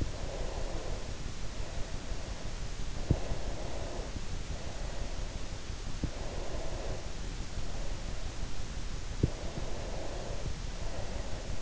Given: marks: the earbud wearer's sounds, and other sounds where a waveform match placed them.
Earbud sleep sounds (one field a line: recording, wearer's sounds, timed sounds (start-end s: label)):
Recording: sounds in sleep by an in-ear microphone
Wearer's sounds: breath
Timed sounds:
0.00-2.60 s: breath
3.38-5.33 s: breath
6.13-8.47 s: breath
9.35-11.62 s: breath